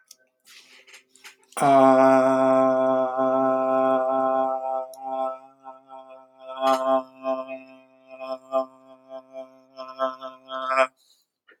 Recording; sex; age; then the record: vowel held as long as possible; male; 30 to 39 years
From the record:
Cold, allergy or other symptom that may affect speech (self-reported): no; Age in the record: 30 years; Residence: Georgia, United States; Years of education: 14